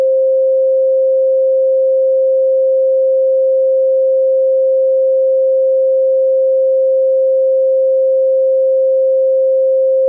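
A pure tone at 528 Hz holds perfectly steady for the whole ten seconds, a single clean mid-pitched note with no wavering. Its loudness never changes, and nothing else is heard: no background noise, no other sounds, no breaks.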